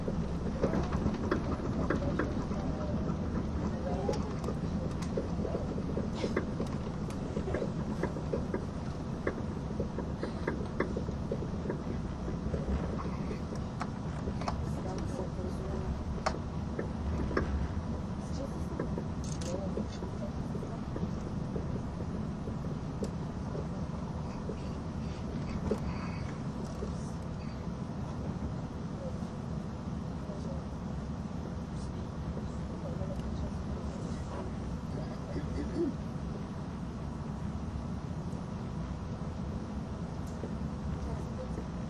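A train runs on the Gotthard route with a steady, dense low rumble that holds the same level for the whole stretch. Faint voices come and go beneath it, and brief clicks and rattles appear now and then, especially around the middle.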